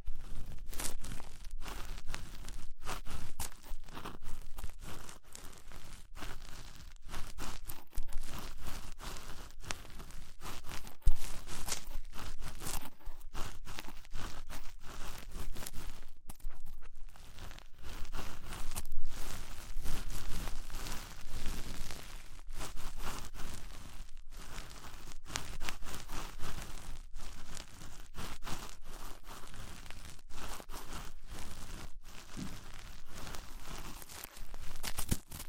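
Ear cleaning with rhinestone and clay removal: dense, continuous crinkly scratching and peeling textures with frequent brief tearing bursts throughout.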